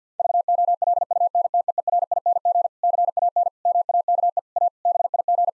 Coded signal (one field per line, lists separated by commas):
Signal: Morse code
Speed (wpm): 50 wpm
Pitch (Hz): 700 Hz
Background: none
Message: VOLUNTEERING CAN MAKE A BIG